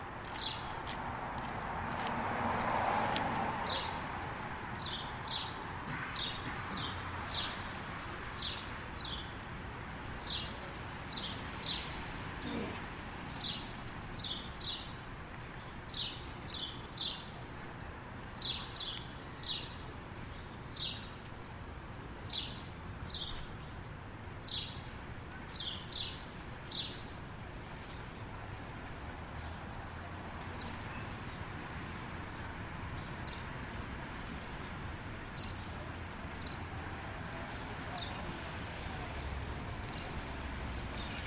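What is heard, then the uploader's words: Birds chirp in quick, bright, repeated calls from a moderate distance, steady through the first thirty seconds and thinning toward the end. Underneath runs a constant low wash of traffic on a wet street, with a louder car swelling past near the start. Passing By A Nest Of Birds In A Tree On A Wet Street. Birds sing, perched at a moderate distance inside a pine tree while cars pass by, their wheels heavily plowing into puddles of melting snow. I place my recorder near the bottom of the tree on top of the cement block.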